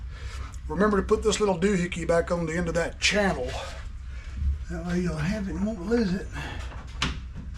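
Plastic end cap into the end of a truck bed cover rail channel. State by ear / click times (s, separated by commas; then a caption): seated / 7.0 s. Someone talks while a small plastic end cap is pressed onto the end of the rail channel of a Rough Country bed cover on a 2022 Toyota Tacoma truck bed. One sharp snap is heard at 7.0 seconds as the end cap seats into the channel.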